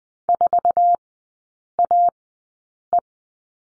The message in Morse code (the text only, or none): 4AE